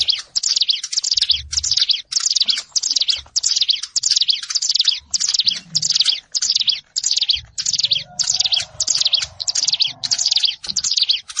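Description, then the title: Plain prinia singing fast wheezy trills in tight bursts about every half second, with a faint low rumble in places. "Ciblek Sawah"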